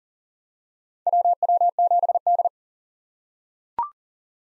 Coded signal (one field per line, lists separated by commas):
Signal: Morse code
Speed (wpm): 40 wpm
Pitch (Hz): 700 Hz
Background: none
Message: WW7D